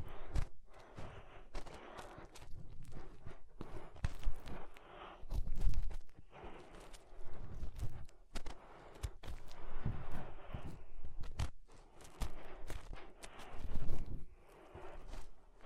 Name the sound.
Inner Ear Cleaning Using Fingers